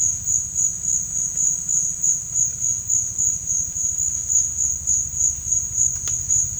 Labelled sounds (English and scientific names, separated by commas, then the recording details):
none
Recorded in dense forest near Puerto Asís, Putumayo, Colombia, on 27 June 2025 at 14:00
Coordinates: 0.468, -76.322
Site GP03